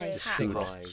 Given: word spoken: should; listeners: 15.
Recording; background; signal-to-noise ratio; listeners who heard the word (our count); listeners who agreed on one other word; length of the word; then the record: one English word in noise, from a listening test; four-talker babble; -1.3 dB; 1 of 15; 8 of 15; 0.53 s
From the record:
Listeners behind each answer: 8, 1, 1, 1, 1, 1, 1, 1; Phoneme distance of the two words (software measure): 20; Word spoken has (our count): 1 syllable, 3 phonemes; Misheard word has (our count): 1 syllable, 3 phonemes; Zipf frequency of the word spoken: 6.00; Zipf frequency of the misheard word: 4.53